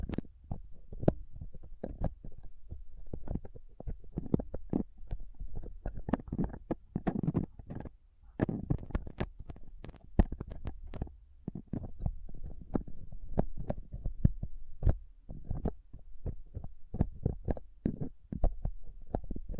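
Rough scraping and picking against a microphone with a dental pick, tweezers and a cotton swab. Dense, irregular clicks and sharp ticks run throughout over a low, muffled rumbling thump, with brief quieter gaps near eight seconds and again around eleven.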